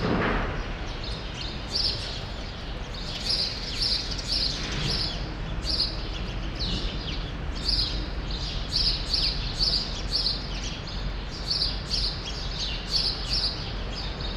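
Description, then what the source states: Sparrows chirping in clustered bursts of sharp tweets from a group of birds, with a steady low rumble underneath. Sparrows still present for now in a small remnant of a once-large grove, Rue Saint-Jean Népomucène, Brussels, Belgium; recorded with Earsight V2 AB microphones into a Zoom F3.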